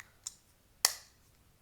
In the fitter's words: do you hear that clicking sound? Did you hear that?